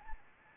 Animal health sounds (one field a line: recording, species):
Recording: mosquito wingbeat signal from an infrared sensor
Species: Anopheles gambiae